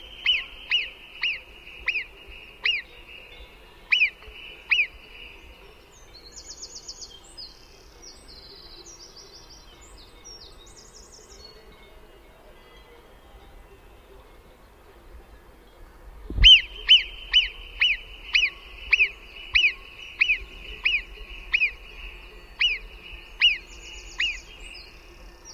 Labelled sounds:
Alpine Marmot alarm call

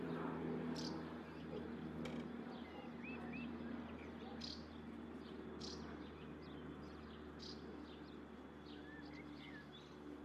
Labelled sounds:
Common House Martin call

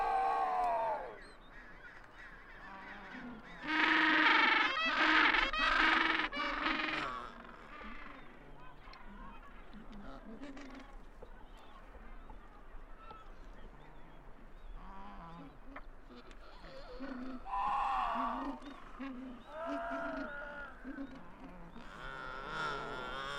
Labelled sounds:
Adelie Penguin call

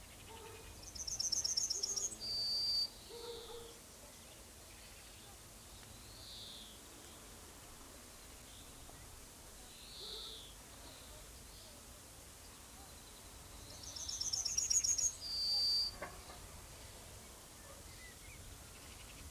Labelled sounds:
Yellowhammer song

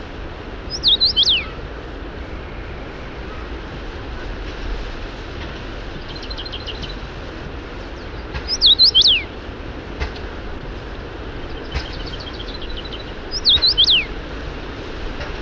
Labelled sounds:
Common Rosefinch song

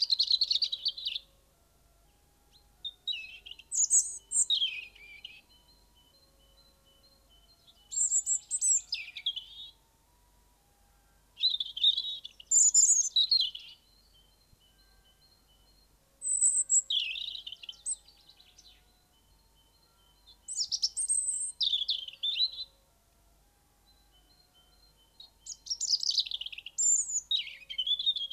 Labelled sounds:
European Robin song

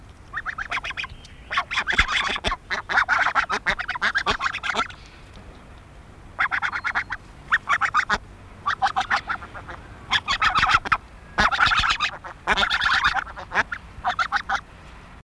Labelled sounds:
Bar-headed Goose call

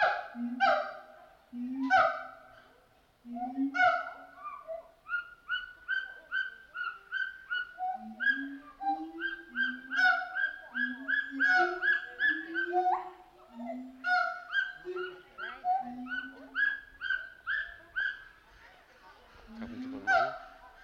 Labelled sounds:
Siamang

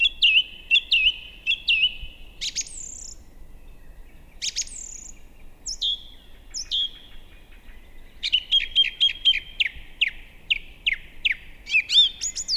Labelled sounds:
Song Thrush song

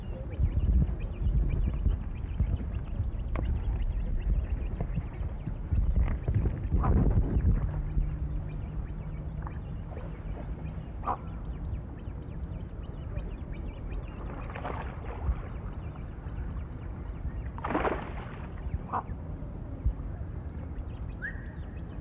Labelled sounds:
Great Cormorant call

